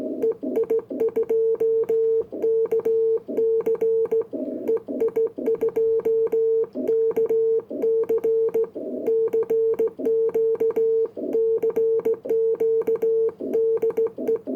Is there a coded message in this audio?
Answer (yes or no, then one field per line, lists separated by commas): yes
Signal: Morse code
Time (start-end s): 0.2-14.4 s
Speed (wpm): 17 wpm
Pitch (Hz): 450 Hz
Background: none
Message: EI2KC EI2KC CQ CQ DE